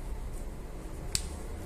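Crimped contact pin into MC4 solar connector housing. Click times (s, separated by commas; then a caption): 1.2 s. A crimped contact pin on a solar cable is pushed into a plastic MC4 connector housing until it locks. A single short, sharp click rings out at 1.1 seconds over a quiet low hum. The pin seats in the housing.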